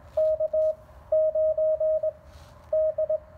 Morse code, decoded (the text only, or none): K9D